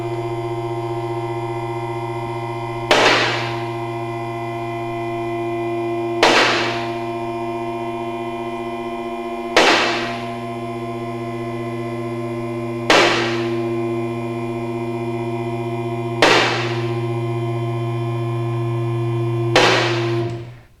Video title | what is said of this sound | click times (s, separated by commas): The Trainer #58: Performing A Great Brake Job | listen, you'll hear the click of the safety catches as it goes up. | 2.9 s, 6.2 s, 12.9 s, 16.2 s, 19.6 s